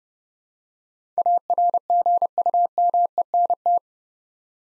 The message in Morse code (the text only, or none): ARGUMENT